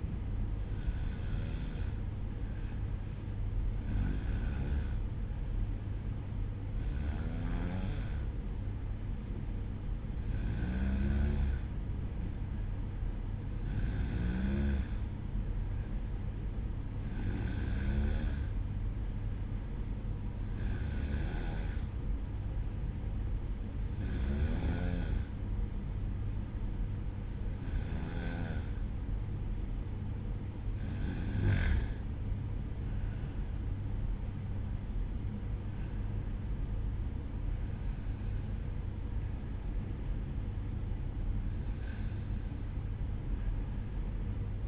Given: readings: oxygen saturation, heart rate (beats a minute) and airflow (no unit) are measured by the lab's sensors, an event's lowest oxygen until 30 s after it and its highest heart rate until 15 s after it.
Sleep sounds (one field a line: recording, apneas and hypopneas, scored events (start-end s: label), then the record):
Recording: breathing in sleep by a smartphone at the bedside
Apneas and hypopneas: 1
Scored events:
14.00-29.30 s: hypopnea (N2, oxygen 93% highest, then 92% lowest, heart rate 60 at the start, 66 highest)
From the record:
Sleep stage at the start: N2 (light sleep)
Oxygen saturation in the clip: 92 to 94%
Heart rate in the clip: 59 to 66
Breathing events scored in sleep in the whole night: 305 in 9.6 hours asleep